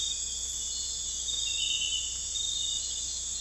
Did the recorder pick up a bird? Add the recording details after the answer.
no. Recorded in dense forest near Puerto Asís, Putumayo, Colombia, on 21 December 2024 at 01:30. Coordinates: 0.486, -76.317. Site G003